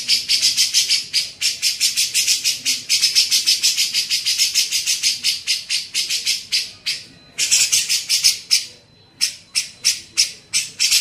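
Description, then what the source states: Grey-cheeked bulbul giving harsh, rasping bursts repeated about three times a second in long runs, with brief pauses. Cucak jenggot, masteran training recording for teaching songbirds.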